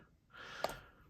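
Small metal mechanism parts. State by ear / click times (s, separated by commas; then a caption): not seated / none. While reassembling a folding knife, metal parts are slid so the spring-loaded release button will pop into its seat in the aluminum handle. A soft, breathy sliding noise rises from about 0.3 s to 0.8 s, with a brief sharper tick near 0.6 s. Nothing has seated or clicked into place yet.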